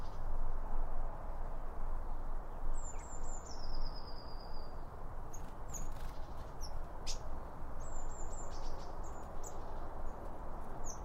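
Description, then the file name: Birds singing high whistled phrases, one stepping down into a descending trill, with scattered sharp chips and a steady low rumbling background. Birds around a bird feeder, recorded with two Line Audio OM1 microphones. "Birds Around Birdfeeding With Two Om 1 From Line Audio"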